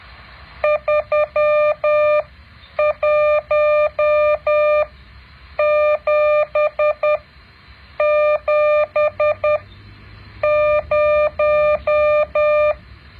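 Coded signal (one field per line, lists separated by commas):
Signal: Morse code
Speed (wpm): 10 wpm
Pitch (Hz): 600 Hz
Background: none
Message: 31770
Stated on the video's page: Morse code practice exercise 9.7.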